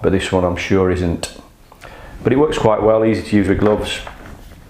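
Someone talks while handling the flip-up chin bar of a modular motorcycle helmet, lowering it toward its latch in the helmet shell. A couple of faint, brief handling sounds come in a pause near 1.7–1.8 s. The clip ends before the chin bar goes home, so nothing has seated or clicked yet.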